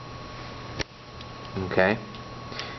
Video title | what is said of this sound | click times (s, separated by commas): Juki Demonstration 2 | so they're designed so that you hear a click | 0.8 s